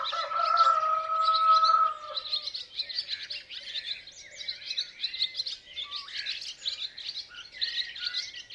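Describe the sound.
Chicken: rooster crowing, one long drawn-out crow over the first two seconds, followed by a dense chorus of small birds chirping continuously.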